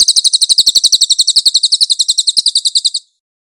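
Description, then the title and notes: Cililin song: a continuous rapid trill of high, evenly spaced notes lasting about three seconds, then abrupt silence. Cililin song on a master (training) track. "MASTER SUARA BURUNG CILILIN. CICILIN"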